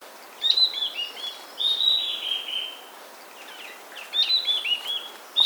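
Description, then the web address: Mountain wren-babbler song: short high whistled phrases with quick descending notes, given in two bursts several seconds apart over a quiet background hiss. Recorded 8 July 2008. "KNPSUMMIT. mountain wren-babbler"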